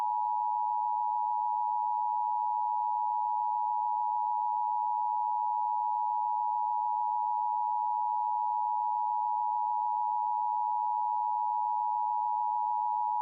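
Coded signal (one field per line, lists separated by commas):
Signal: Emergency Alert System (SAME) tones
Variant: 853 and 960 Hz attention tone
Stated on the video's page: Simulated EAS alert tones in a fictional 1983 Cold War scenario recreation.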